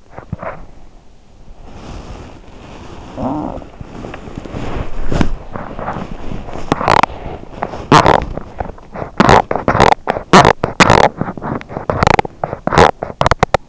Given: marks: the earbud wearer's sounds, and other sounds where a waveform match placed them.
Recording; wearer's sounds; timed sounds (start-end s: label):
sounds in sleep by an in-ear microphone; teeth grinding, body movement, talking in sleep
0.10-0.61 s: teeth grinding
1.64-3.10 s: body movement
3.10-3.83 s: talking in sleep
3.85-13.68 s: body movement
6.69-8.21 s: teeth grinding
9.11-13.69 s: teeth grinding